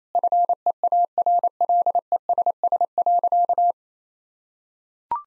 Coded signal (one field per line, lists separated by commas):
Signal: Morse code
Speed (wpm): 28 wpm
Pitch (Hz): 700 Hz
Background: none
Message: FEARLESS.